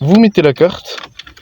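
Someone talks while a Laguna Phase 2's plastic key card is pushed into its slot in the dashboard card reader, followed by faint short ticks at about 1.2, 1.3 and 1.4 seconds. The clip ends before the card goes home; nothing has seated or clicked yet.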